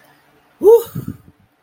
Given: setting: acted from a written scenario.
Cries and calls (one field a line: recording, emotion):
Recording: vocal sound without words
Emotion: relief